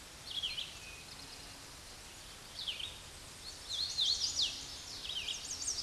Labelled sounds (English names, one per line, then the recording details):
Hooded Warbler song
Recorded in a Pennsylvania forest on 16 May 2024 at 08:24
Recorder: AudioMoth, point MSD-2258
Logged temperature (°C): 15.2 °C
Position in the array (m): 176 m, 115 m